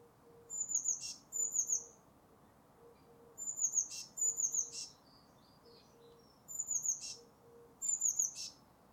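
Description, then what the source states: Eurasian blue tit singing high, thin notes that end in a brief trill, in pairs of phrases about every three seconds, over a faint low hum. Recorded in spring.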